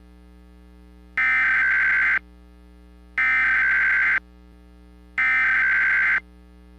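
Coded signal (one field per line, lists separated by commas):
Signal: Emergency Alert System (SAME) tones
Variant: header bursts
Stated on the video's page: Simulated EAS mini-scenario using an unused EMnet national hazard warning voice file, applied to COVID-19.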